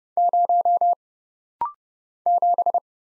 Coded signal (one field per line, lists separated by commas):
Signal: Morse code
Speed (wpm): 30 wpm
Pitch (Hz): 700 Hz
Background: none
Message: 0 7